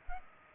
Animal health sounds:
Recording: mosquito wingbeat signal from an infrared sensor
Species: Culex pipiens

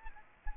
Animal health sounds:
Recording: mosquito wingbeat signal from an infrared sensor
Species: Aedes aegypti

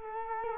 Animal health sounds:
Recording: mosquito wingbeat signal from an infrared sensor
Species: Culex quinquefasciatus

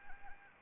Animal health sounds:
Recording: mosquito wingbeat signal from an infrared sensor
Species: Anopheles gambiae

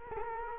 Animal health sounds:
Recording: mosquito wingbeat signal from an infrared sensor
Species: Culex quinquefasciatus

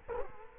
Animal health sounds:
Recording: mosquito wingbeat signal from an infrared sensor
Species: Culex quinquefasciatus

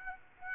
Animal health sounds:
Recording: mosquito wingbeat signal from an infrared sensor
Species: Aedes aegypti

